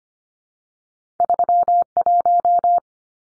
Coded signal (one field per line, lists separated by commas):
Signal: Morse code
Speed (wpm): 25 wpm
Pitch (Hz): 700 Hz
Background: none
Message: 31